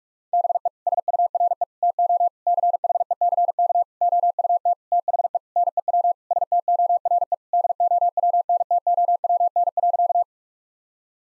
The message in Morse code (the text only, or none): BE SURE TO CHECK OUT THE NEW STORE DOWNTOWN.